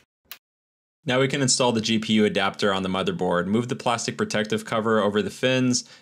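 Two case fans with interlocking plastic side connectors are pushed together until the connector of one fan joins the next fan in the chained set. A short, sharp click lands at 0.3 s as the connector seats. From about 1.0 s to the end, someone talks.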